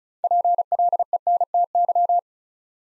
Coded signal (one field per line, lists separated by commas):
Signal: Morse code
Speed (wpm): 36 wpm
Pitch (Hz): 700 Hz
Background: none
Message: PLENTY